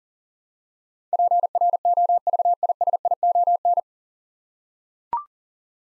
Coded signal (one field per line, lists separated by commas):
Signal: Morse code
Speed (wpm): 37 wpm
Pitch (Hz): 700 Hz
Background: none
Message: PROVISION